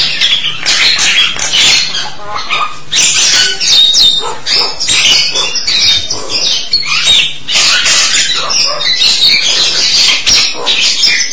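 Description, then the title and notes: Starling song of busy, grating chatter mixed with squeals and brief whistles, a steady rapid flow with few gaps. "suara burung jalak"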